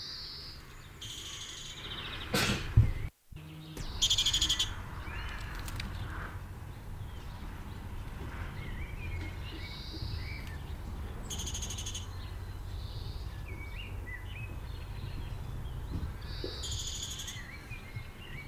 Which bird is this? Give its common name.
Great Tit